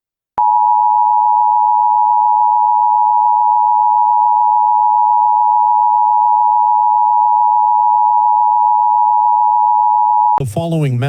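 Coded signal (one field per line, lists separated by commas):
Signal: Emergency Alert System (SAME) tones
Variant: 853 and 960 Hz attention tone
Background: speech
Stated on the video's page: Fictional EAS scenario, not a real alert.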